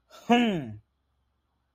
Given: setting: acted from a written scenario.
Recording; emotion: vocal sound without words; triumph